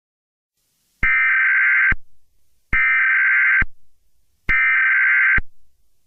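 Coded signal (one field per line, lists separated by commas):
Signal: Emergency Alert System (SAME) tones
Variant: header bursts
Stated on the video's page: Mock EAS scenario, not a real alert; a remake of an existing EAS screen.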